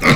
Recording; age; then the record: pig call; piglet (1 to 25 days)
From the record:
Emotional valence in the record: positive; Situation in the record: reunion after long isolation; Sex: male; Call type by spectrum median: low-frequency call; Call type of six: low-frequency tonal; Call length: 0.16 s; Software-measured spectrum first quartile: 276 Hz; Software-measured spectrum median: 1097 Hz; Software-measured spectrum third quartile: 2145 Hz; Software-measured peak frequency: 152 Hz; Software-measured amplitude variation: 97 dB a second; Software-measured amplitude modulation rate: 9.5 a second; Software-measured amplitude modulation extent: 10.3 dB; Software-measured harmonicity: -0.9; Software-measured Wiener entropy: -1.36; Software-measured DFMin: 1159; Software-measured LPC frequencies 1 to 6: 1237, 2077, 3692, 6199, 6868, 7703 Hz